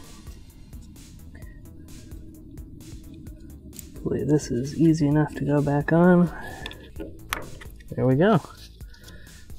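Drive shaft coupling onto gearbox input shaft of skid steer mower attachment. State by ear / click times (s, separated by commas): seated / 7.3 s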